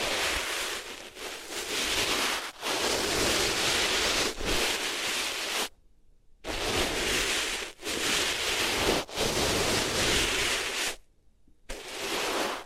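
Rubbing on different materials, heard as a loud, dense scratchy rustle that fills the clip with rough, hissing friction. Strokes come in bursts of one to two seconds separated by brief dips, with two full silences near six and eleven seconds.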